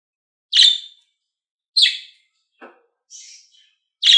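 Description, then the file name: Lovebird making loud raspy shrieks, with a brief lower rattling note and a softer buzzy chirp between them. Described as a happy lovebird. "Morgh Eshgh Khoshhal"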